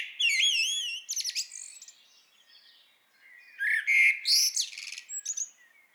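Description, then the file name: Common blackbird song phrases: a few whistled, warbling notes at the start, then a scratchy, squeaky twittering burst after a pause. "Turdus merula"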